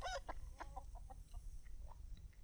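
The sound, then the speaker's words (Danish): A hen with very short, low legs clucks repeatedly in short, irregular bursts, starting with a louder squawk and then settling into softer, choppy clucks over a steady low rumble. “Hønen havde ganske små lave ben, og derfor kaldte de den Kykkelige Lavben.”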